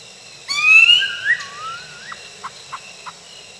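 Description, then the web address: A bird gives a loud, sharply rising whistled slur, then a lower wavering whistle. Four short, evenly spaced clipped notes follow. From North America. "Peterson North American Birds"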